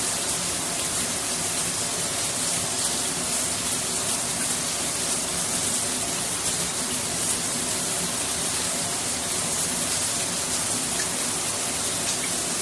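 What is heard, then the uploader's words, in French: A shower jet sprays steadily and evenly throughout, a dense hissing rush with a bright edge and a faint lower splashing underneath. Jet de douche.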